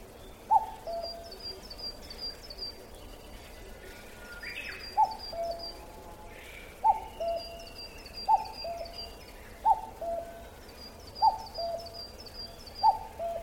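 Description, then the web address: Bird call given repeatedly, a short hooted note falling to a lower second note, about every 1.5 seconds after a long gap following the first call, over thin high-pitched chirping and constant low noise. "bird kakou"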